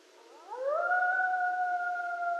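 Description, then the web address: Coyote howl rising quickly into a long, steady, clear tone held to the end. Several coyotes recorded at night on 13 November 2012. "Coyote 2012 11 13 Coyotes night-sounds coyotes"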